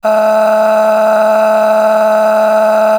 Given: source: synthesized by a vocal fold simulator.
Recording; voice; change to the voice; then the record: sustained vowel; female; a random mix of aspiration noise, stiffness perturbation and strain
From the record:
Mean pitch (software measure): 216 Hz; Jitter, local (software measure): 1.66%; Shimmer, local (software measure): 11.8%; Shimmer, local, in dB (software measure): 1.03 dB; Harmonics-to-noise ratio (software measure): 13.4 dB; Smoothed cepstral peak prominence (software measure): 10.4 dB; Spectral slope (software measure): -21.7 dB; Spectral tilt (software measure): -8.5 dB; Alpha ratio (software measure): -12.2 dB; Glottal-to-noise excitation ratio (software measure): 0.839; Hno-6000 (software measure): 1.9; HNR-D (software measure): 35.8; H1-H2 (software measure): 6.8 dB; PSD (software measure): 6.8e-05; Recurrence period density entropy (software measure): 0.119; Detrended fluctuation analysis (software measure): 0.0166